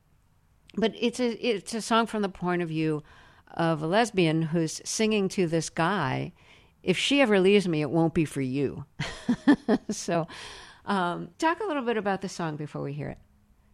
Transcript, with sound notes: but it's a song from the point of view of a lesbian who's singing to this guy. If she ever leaves me, it won't be for you (laughter). So talk a little bit about the song before we hear it